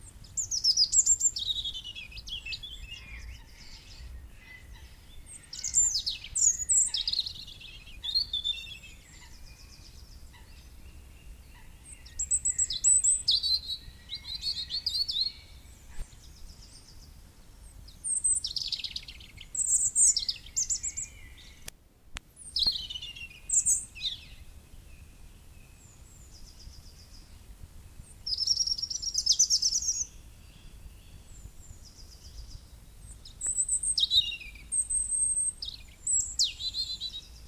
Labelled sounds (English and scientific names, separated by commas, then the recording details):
European Robin (Erithacus rubecula) song
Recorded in the wild
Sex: male
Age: adult
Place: Erlangen, Bayern, DE
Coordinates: 49.6086, 10.9697
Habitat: wet woodland
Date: 1961-04-16
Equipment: Stellavox SM 4, Original, Vollspur
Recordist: Tretzel, Erwin